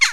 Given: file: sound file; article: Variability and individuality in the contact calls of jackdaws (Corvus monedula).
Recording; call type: jackdaw call; harmonic